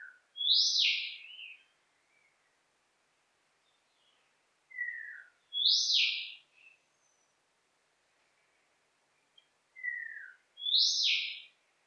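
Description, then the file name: Bird calls repeated about every five seconds, each a short falling mid note followed by a loud high sweeping note, with faint chirps between in an otherwise quiet background. "Exotic Bird"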